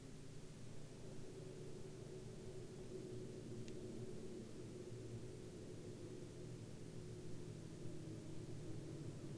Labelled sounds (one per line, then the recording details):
aircraft
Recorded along the Dempster Highway, Canada, on 28 March 2020 at 05:44
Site 16